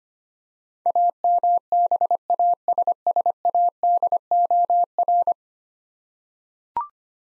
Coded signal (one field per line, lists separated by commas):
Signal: Morse code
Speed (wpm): 25 wpm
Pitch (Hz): 700 Hz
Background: none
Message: AMBASSADOR